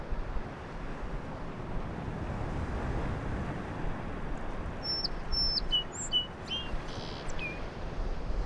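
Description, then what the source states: Song sparrow delivering one song of slurred high notes and a short trill partway through, backed by a continuous surf roar. On Low Island; song sounded different from local town sparrows; distant surf throughout; very light breeze with a little wind noise; handheld Sony PCM-M10.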